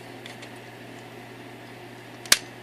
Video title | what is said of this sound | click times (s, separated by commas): How to take apart an xbox 360 controller | all right it just clicked back into place I'm not sure if you could hear that | 2.3 s